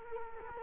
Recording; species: mosquito wingbeat signal from an infrared sensor; Culex quinquefasciatus